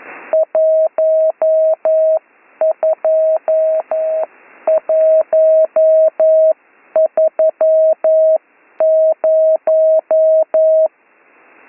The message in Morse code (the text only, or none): 12130